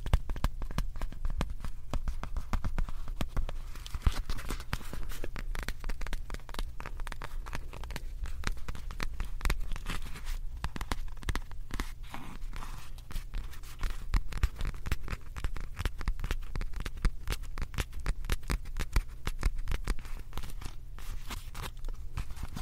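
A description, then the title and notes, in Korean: Makeup puff and pouch sounds fill the recording: a dense, unbroken stream of quick taps, pats and soft crinkles that runs the full length at a steady pace. A low, constant hum sits underneath, with no pauses or voices. ASMR 클리오 퍼프 , 파우치 소리 가득.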